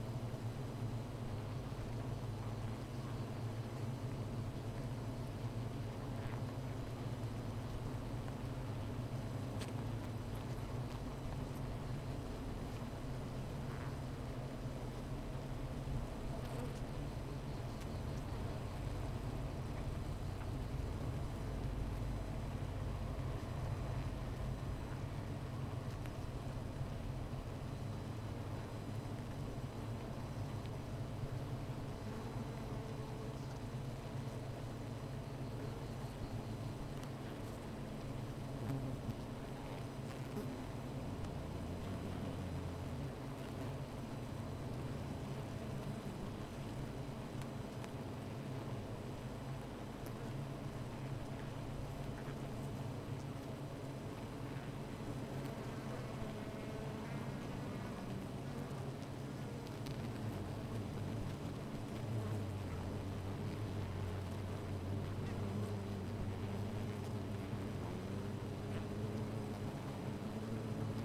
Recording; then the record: honeybee colony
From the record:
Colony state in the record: missing queen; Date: 14 July 2017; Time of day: 13:58